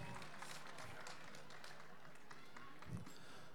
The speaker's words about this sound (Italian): quindi vogliamo un applauso per i …, enorme, grazie.